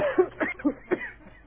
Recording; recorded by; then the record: voluntary cough; telephone call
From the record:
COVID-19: positive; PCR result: checked with the laboratory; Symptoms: yes